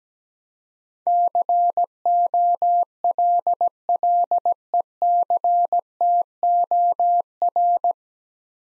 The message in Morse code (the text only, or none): COLLECTOR